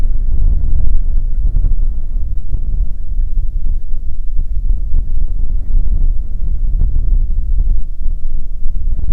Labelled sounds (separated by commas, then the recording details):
waterfowl, wind
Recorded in the Prudhoe Bay oil fields, Alaska, on 15 May 2019 at 00:00
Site 19